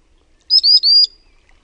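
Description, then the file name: Common Sandpiper call: a thin, high whistled phrase of three quick notes, the last one drawn out, with no other sounds. "RANTATASIPI"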